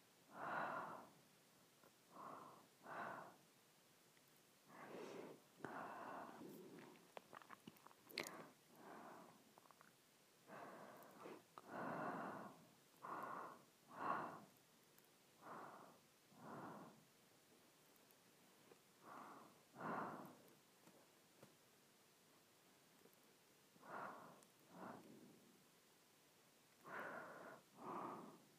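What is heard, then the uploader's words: Breathing at a slow, regular pace, each inhale and exhale a soft airy rush lasting about a second, separated by short quiet gaps. Around twenty breaths run through the whole stretch, some stronger than others, with faint small clicks and mouth noises between them. ASMR Breath.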